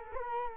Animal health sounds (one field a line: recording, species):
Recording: mosquito wingbeat signal from an infrared sensor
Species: Culex quinquefasciatus